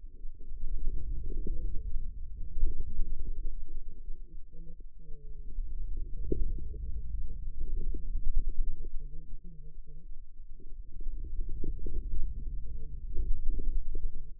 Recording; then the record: forearm muscle sounds (acoustic myography)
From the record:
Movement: wrist extension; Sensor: system 2, bracelet of six BSWA MPA416 microphones around the upper forearm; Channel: 6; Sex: female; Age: 25 years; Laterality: right